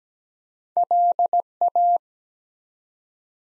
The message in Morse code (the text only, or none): LA